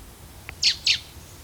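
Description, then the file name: Common blackbird giving two short, sharp high notes in quick succession, each dropping slightly in pitch, over a quiet background hiss. "Turdus merula"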